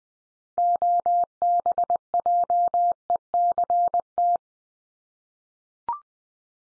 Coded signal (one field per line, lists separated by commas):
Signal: Morse code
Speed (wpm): 20 wpm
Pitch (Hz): 700 Hz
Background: none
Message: OBJECT